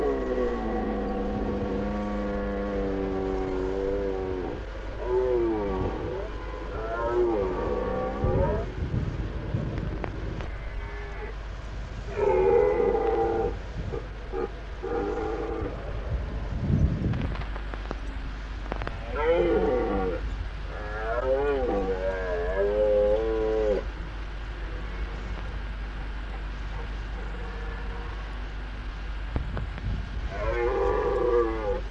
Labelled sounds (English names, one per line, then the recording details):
Red Deer courtship call
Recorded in the wild
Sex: male
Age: adult
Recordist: Meyer, Hugo